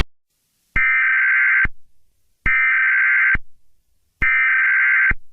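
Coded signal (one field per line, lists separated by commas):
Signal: Emergency Alert System (SAME) tones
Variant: header bursts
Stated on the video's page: Simulated EAS scenario.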